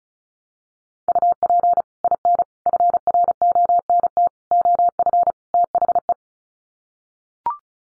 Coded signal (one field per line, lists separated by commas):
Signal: Morse code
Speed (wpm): 34 wpm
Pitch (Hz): 700 Hz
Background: none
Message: UP IN FRONT OF THE